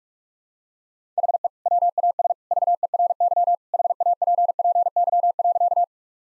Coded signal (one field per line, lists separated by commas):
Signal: Morse code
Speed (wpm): 46 wpm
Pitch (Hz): 700 Hz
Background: none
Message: HE WAS VERY HAPPY.